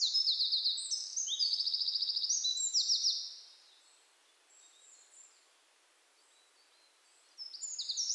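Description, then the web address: Eurasian wren song of fast, high trills for about three seconds, then quiet, then a new burst of song starting near the end. "SETE Troglodytes troglodytes"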